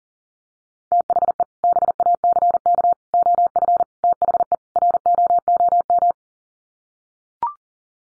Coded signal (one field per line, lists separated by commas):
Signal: Morse code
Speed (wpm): 40 wpm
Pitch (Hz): 700 Hz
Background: none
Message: THE BACK OF THE ROOM